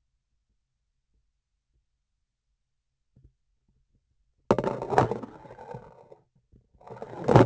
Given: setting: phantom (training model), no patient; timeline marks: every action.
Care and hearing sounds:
laparoscopic instrument, vibration sensor on the handle end; grasping forceps
4.45-6.29 s: insertion through the trocar
6.75-7.46 s: removal through the trocar
From the record:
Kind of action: spatial motion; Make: other than Olympus

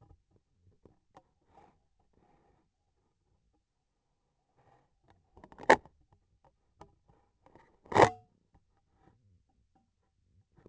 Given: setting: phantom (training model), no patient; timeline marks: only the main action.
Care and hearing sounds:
laparoscopic instrument, vibration sensor on the handle end; scissors
7.77-8.43 s: cutting thread
From the record:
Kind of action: gesture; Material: cotton thread

